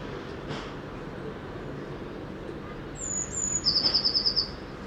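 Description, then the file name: Eurasian blue tit giving one song phrase near the end, thin high notes then a rapid even trill, after a stretch of quiet background hiss. "Cyanistes caeruleus"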